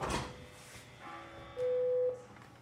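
A door being opened: a sharp clunk at the start, a quiet humming stretch, then a steady mid-pitched electronic buzz lasting about half a second before it cuts off.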